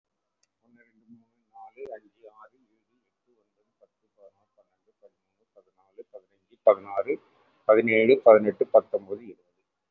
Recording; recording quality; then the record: counting at a normal pace; moderate, slight background noise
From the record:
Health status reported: respiratory illness, not identified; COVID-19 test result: negative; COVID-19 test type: RT-PCR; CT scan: not taken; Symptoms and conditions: cough, cold, breathing difficulty, asthma, chronic lung disease, pneumonia, hypertension, diabetes, ischaemic heart disease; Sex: male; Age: 67 years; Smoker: yes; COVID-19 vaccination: none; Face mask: worn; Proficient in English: yes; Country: India